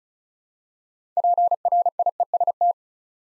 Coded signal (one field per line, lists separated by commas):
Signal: Morse code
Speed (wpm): 36 wpm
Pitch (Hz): 700 Hz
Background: none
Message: PRIEST